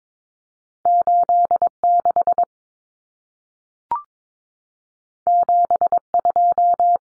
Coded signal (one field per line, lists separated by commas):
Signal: Morse code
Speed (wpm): 22 wpm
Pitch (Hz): 700 Hz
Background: none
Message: 86 72